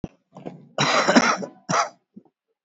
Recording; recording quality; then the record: shallow voluntary cough; excellent, no background noise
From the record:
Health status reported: COVID-19 positive, moderate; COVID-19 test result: positive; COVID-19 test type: RT-PCR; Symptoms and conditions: cold, breathing difficulty, sore throat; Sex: male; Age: 53 years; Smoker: no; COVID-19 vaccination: one dose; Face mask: worn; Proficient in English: yes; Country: India